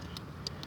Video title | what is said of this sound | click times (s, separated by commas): PORSCHE CAYENNE 2014 BATTERY REPLACEMENT | make sure you push the lock in on that one | 0.5 s